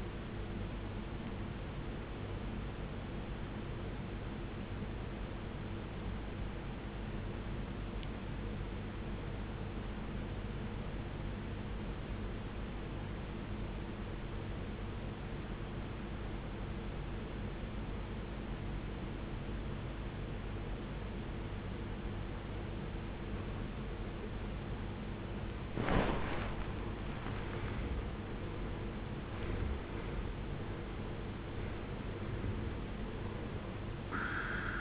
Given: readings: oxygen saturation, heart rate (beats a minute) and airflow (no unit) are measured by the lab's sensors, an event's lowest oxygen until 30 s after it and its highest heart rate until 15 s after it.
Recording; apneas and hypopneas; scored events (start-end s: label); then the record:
breathing in sleep by a voice recorder at the bedside; 1
4.00-26.30 s: obstructive apnea (N1, oxygen 93% highest, then 75% lowest, heart rate 63 at the start, 81 highest)
12.00-34.81 s: new sleep stage, N2 (light sleep)
From the record:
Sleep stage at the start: N1 (lightest sleep); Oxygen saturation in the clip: 73 to 93%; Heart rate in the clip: 55 to 81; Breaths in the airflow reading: 3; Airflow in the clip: -17.5 to 15.3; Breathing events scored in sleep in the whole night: 389 in 6.3 hours asleep